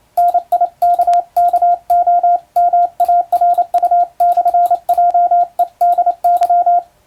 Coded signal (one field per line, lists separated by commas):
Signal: Morse code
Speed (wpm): 28 wpm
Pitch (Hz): 700 Hz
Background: radio noise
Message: NIKKOMARU/JEDY